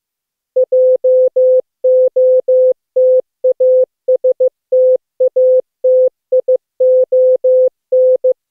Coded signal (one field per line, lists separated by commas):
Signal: Morse code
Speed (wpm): 22 wpm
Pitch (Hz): 510 Hz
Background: none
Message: JOTA STATION